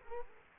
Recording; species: mosquito wingbeat signal from an infrared sensor; Culex quinquefasciatus